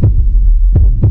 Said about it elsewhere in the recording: Heartbeat when we told her that she can get an RA.